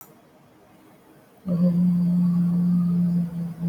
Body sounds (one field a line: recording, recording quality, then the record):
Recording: sustained vowel as in boot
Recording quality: excellent, no background noise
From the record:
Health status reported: respiratory illness, not identified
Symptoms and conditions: cough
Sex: female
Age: 41 years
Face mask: worn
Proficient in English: yes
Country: India